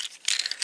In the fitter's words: both sides and they just lock they snap